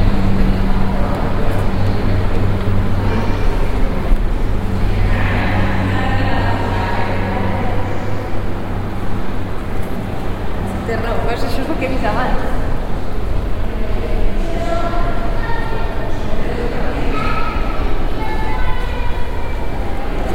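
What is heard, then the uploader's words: A sound walk through spaces of Madrid's Reina Sofía Museum, filled with a steady, dense hum and low rumble. Indistinct voices surface in scattered bursts, more often in the middle and later stretches, while a low drone holds through the first half. Museo Reina Sofía, Madrid. This piece was the result of an individual "sound drift" through different spaces of Madrid's Reina Sofía Museum.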